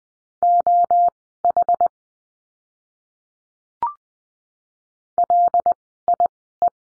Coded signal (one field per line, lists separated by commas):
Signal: Morse code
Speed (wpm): 20 wpm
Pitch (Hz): 700 Hz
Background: none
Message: OH LIE